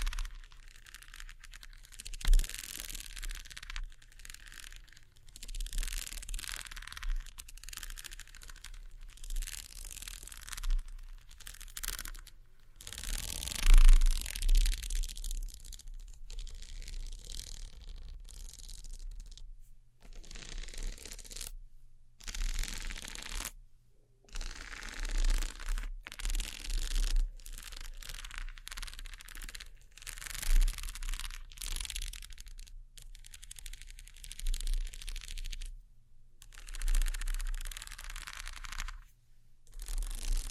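Glow sticks, slime, sticky tape and scissors being handled: irregular bursts of bright crackling, crinkling and tearing noise, stopping and starting every second or two with short silent breaks. A strong burst comes around 13–14 seconds, and a faint low hum runs underneath throughout.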